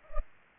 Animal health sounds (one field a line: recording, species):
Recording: mosquito wingbeat signal from an infrared sensor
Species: Culex pipiens